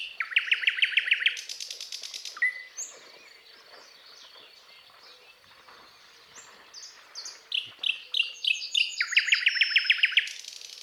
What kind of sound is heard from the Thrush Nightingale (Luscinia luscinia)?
song